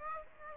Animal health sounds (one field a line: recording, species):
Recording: mosquito wingbeat signal from an infrared sensor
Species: Aedes aegypti